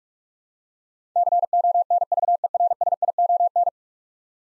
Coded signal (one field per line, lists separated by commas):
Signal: Morse code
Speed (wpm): 45 wpm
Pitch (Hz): 700 Hz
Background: none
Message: CONVERSION